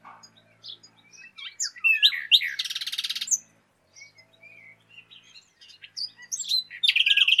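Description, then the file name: Common nightingale singing varied phrases: sliding whistles and chirps, a fast buzzy rattle, then a pause before another bright, rapidly repeated burst. "Luscinia megarhynchos"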